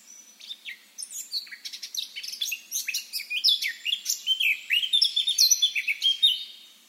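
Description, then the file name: Eurasian blackcap song: a long, fast, scratchy warble of high chirps and twittering notes, swelling louder toward a fluty close, with a quiet background. "Sylvia atricapilla"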